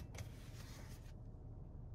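In a 2021 Highlander Limited, the driver fastens the seat belt, pushing the metal tongue into the buckle; brake hold only works when the driver's door is shut and the belt is clipped. A single sharp click at 0.2 s marks the tongue seating in the buckle, over a steady low rumble and a broad hiss that fades out around 1.1 s. The seat belt is latched.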